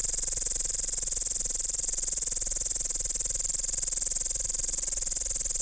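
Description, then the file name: Upland green bush-cricket song, an unbroken, very high, rapidly pulsing buzz holding steady throughout. "Tettigonia cantans"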